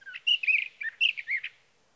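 Sage thrasher song, a short burst of slurred, twisting notes lasting about a second and a half, then quiet.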